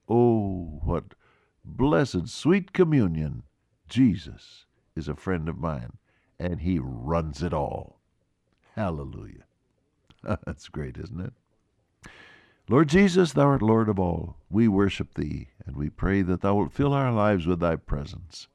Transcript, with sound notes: Oh what blessed sweet communion, Jesus is a friend of mine,” and he runs it all. Hallelujah! [Laughs] That’s great, isn’t it? Lord Jesus, Thou art Lord of all, we worship Thee and we pray that Thou will fill our lives with Thy presence.